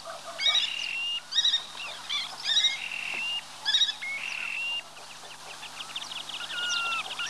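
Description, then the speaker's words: Terek sandpiper contact calls: clusters of high chirping notes and flat whistles, then fainter scattered calls. Several birds calling to each other on river shallows. "На речных отмелях перекликаются курики-мародунки."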